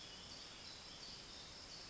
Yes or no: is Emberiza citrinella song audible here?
no